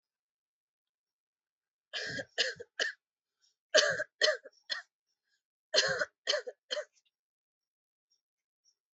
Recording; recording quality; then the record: shallow voluntary cough; excellent, no background noise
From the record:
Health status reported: exposed to COVID-19, no respiratory illness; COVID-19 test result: negative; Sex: female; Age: 27 years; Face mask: not worn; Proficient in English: yes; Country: India